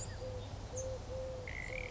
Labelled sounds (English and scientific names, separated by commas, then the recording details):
Eurasian Collared Dove (Streptopelia decaocto)
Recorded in Sonoma County, California